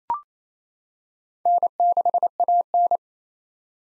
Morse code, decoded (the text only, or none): N6AN